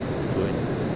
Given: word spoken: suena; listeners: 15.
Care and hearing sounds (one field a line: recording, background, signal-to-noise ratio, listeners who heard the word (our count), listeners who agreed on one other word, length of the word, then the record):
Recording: one Spanish word in noise, from a listening test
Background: speech-shaped noise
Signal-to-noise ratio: -4.6 dB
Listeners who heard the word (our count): 0 of 15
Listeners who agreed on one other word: 15 of 15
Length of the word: 0.56 s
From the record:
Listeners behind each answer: 15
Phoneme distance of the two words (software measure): 20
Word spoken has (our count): 2 syllables, 5 phonemes, stress on syllable 1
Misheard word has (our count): 2 syllables, 5 phonemes, stress on syllable 1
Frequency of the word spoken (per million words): 21.54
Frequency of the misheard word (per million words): 104.51